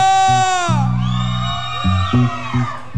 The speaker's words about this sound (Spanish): ¡Venga el grito de la raza!